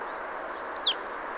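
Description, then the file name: Great tit call: a thin high note then a loud steeply descending slur, single and brief, over steady background hiss. "Parus major"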